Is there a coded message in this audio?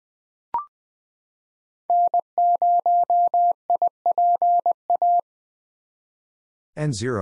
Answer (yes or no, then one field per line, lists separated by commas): yes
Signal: Morse code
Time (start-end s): 1.9-5.2 s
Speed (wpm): 20 wpm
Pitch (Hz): 700 Hz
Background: none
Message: N0IPA